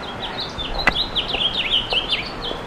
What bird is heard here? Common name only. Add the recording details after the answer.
House Finch. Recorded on Long Island, New York, on 3 June 2012. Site FB. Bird A